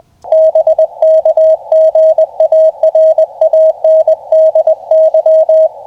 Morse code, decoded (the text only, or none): BK GA RANDY